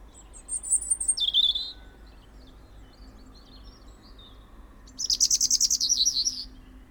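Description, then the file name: European robin: a high thin note dropping to a lower warble, silence, then a rapid shimmering trill of high notes. "Erithacus rubecula"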